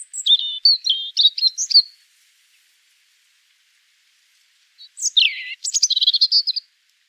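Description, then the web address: European Robin singing rapid, liquid warbled notes with high thin whistles, a pause of nearly three seconds, then a sweeping downward note and a buzzy tumbling phrase. "erithacus rubecula call"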